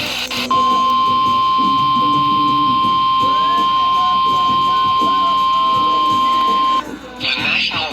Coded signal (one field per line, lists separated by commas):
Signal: Emergency Alert System (SAME) tones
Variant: 1050 Hz attention tone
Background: music